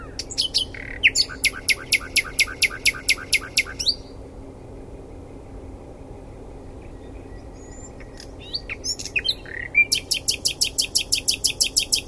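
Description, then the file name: Common nightingale song: a long rapid rattle of repeated notes, a pause with faint soft notes, then another fast repeated trill. "Luscinia megarhynchos"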